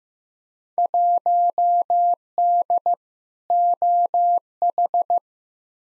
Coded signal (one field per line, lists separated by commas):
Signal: Morse code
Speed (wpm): 16 wpm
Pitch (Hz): 700 Hz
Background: none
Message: 1D OH